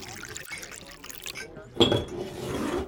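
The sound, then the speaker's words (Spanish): A bartender pours beer into a glass at a bar with a gushing, fizzy rush that starts abruptly and keeps up steadily, over a low murmur of background chatter. “Cantinero, por favor, una cerveza para mí y otra cerveza para mi amigo.”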